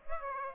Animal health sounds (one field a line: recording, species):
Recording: mosquito wingbeat signal from an infrared sensor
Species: Aedes aegypti